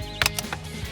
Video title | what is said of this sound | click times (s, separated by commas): 2015-2020 F-150 MMD GTC Steering Wheel Review & Install | and you hear all those nice clicks, and everything is back installed. | 0.2 s, 0.3 s, 0.4 s, 0.5 s